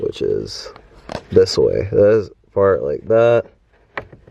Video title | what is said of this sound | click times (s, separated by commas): Well the Honda is Broken…(AGAIN) | and it just clicks right in there right | 4.0 s